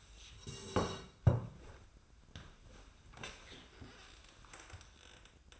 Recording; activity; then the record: daily activity, microphone in the room; sit down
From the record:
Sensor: 2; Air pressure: 1004.9 hPa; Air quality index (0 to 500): 94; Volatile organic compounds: 2 ppm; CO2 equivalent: 1142 ppm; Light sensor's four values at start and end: 6/14/6/6 and 7/17/7/7